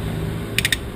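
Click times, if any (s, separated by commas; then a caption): 0.6 s, 0.7 s. The plastic retaining clips of a rear Bilstein B3 air spring on a Mercedes-Benz E-Class S211 with AIRMATIC snap into the car body mount as the spring is inflated to at most 0.5 bar with a diagnostic tool. Over a steady low hum, three sharp, loud mechanical clicks sound at 0.6, 0.7 and 0.7 s, and the clips are seated.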